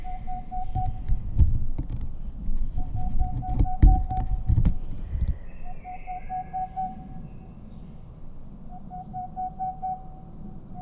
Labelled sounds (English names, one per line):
Boreal Owl